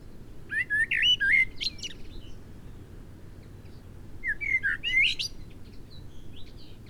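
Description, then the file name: Common blackbird gives two warbled song phrases a few seconds apart, each of fluty, wavering whistles ending in a scratchy high twitter. "Turdus merula"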